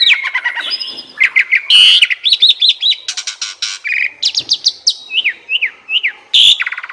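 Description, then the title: Asian pied starling song, loud and varied, with buzzy rasps, quick rising whistles in series and sharp chattering notes packed closely together. Training song (masteran) meant to fix birds that sing too little and are sluggish. "Masteran Jalak Suren Atasi Burung KURANG GACOR Dan LOYO"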